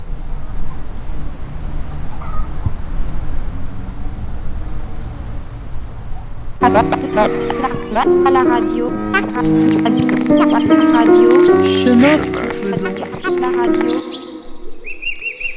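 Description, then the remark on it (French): A steady, high-pitched cricket trill runs throughout while birds chirp and call in a regional natural park. About halfway through, a denser layer of varied bird calls joins in, filling out the outdoor ambience. “Et oui, des oiseaux, des grillons, ambiance assez naturaliste finalement, des sons proposés par Anne Dubos qu'on va retrouver durant cette émission, mais qui nous permettait là aussi de se situer de façon sonore aussi dans ce parc naturel régional”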